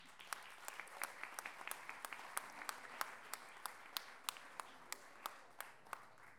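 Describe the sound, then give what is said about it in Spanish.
An audience applauds with a steady patter of many overlapping hand claps, sharp and crisp, continuing evenly for several seconds without any voices, welcoming a university academic who wrote a prologue for the work being presented. “un aplauso”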